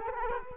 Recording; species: mosquito wingbeat signal from an infrared sensor; Culex quinquefasciatus